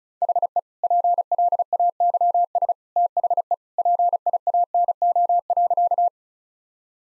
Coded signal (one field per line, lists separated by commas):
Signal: Morse code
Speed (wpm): 36 wpm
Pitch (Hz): 700 Hz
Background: none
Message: HE PLAYS THE PIANO.